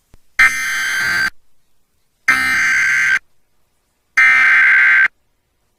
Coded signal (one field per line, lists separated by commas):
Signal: Emergency Alert System (SAME) tones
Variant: header bursts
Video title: EAS COMPILATION LAREDO, TX APRIL 23 2023 SEVERE THUNDERSTORM/FLASH FLOOD WARNINGS (EAS #70-80)